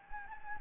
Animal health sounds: mosquito wingbeat signal from an infrared sensor; Anopheles gambiae

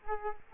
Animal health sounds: mosquito wingbeat signal from an infrared sensor; Culex quinquefasciatus

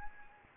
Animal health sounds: mosquito wingbeat signal from an infrared sensor; Anopheles gambiae

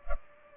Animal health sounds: mosquito wingbeat signal from an infrared sensor; Culex pipiens

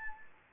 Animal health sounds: mosquito wingbeat signal from an infrared sensor; Anopheles gambiae

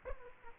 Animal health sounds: mosquito wingbeat signal from an infrared sensor; Aedes aegypti

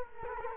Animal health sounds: mosquito wingbeat signal from an infrared sensor; Culex quinquefasciatus

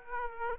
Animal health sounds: mosquito wingbeat signal from an infrared sensor; Aedes aegypti

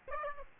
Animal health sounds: mosquito wingbeat signal from an infrared sensor; Aedes aegypti

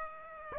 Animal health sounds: mosquito wingbeat signal from an infrared sensor; Aedes aegypti

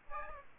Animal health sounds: mosquito wingbeat signal from an infrared sensor; Aedes aegypti

